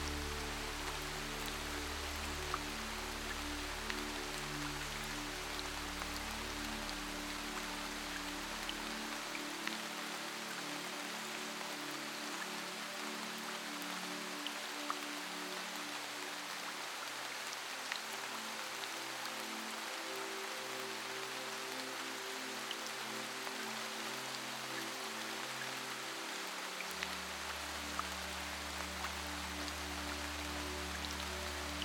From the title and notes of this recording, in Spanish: Sonido de LLUVIA Fuerte y MÚSICA. Sonido de una lluvia fuerte y música suave.